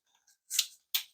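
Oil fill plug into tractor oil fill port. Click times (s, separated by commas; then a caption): 1.0 s. A fine-threaded metal oil fill plug is turned backwards by hand in the oil fill port of an M5660 tractor, to avoid cross-threading it. Faint ticks and a bright rasping burst around 0.6 s come first, then a sharp click at 0.95 s as the first thread drops into place. The plug is seated.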